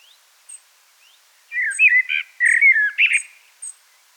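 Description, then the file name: Common blackbird singing a rich, fluty warbled phrase with scratchy twittered notes, preceded by a few faint high chirps. "Turdus merula"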